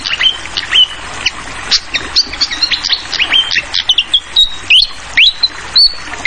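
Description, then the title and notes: Fantail song of clear whistled notes, several rising sharply, in a quick lively string, over the patter of running water. Tutoring recording (masteran) for training songbirds, described as having a clear voice, mixed with the sound of flowing water. "Masteran Sikatan Kipas Suara Jernih Dan Suara Gemericik Air. Suara Burung Sikatan Londo"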